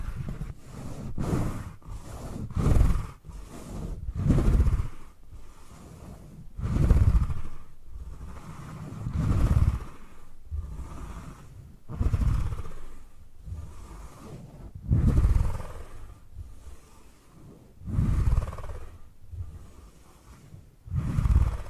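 Purring rumbles along in slow, even swells, a deep throaty pulse that rises and fades roughly every two to three seconds. Each swell is low and grainy with a faint hiss above it, and a few sharp taps sound near the start.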